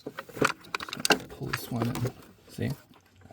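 An ignition coil and its rubber boot are handled over the number four spark plug, the driver side rearmost, on the N62B44 engine of a BMW X5 4.4i E53; this coil had not been pushed all the way in, and it gets an extra push to seat it fully. Someone talks while short handling taps and rattles sound around 0.5 to 1.1 s. The clip ends before the boot goes home, so nothing has seated or clicked yet.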